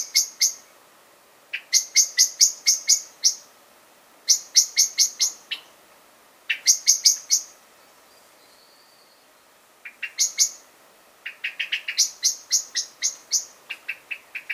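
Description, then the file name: Common blackbird keeps up repeated bursts of hard, metallic chinks, each of several notes, with brief pauses between them. "Turdus merula"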